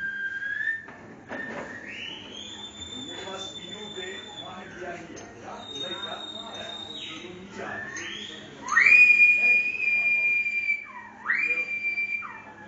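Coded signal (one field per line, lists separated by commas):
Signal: whistled language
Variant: Silbo Gomero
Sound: loud piercing whistles gliding up and down in pitch, with pauses, like phrases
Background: restaurant chatter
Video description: In this restaurant situated in Agulo, you can se a demonstartion of the Old Whistling Language of La Gomera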